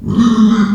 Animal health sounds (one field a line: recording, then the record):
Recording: squeal of a Yucatan mini pig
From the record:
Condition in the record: after surgery on the right vocal fold (resection and tissue-engineered implant)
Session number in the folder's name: 13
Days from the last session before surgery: 113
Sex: female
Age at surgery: 19 weeks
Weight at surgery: 25 kg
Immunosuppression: prednisolone